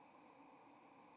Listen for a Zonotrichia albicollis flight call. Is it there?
no